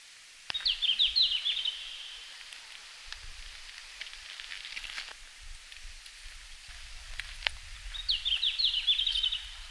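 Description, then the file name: Red-flanked bluetail song, two short high twittering phrases, one at the start and one near the end, with low background rumble and a few clicks. Finland, 17 June 2019, 17:00. "Robin à flancs roux-20190617-1700-Finlande"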